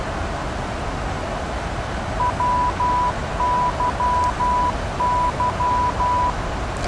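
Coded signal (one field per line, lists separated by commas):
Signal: Morse code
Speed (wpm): 12 wpm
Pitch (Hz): 990 Hz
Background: none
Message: WYY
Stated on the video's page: Morse heard during VOR navigation in a PMDG 737 NGX flight simulator.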